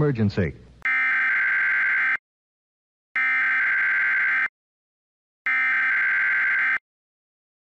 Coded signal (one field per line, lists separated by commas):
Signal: Emergency Alert System (SAME) tones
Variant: header bursts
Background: speech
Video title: [2] RetroTech San Antonio Test Card, Black & White Monochrome, 4:3 Aspect Ratio 1.33:1, EBS EAS SAME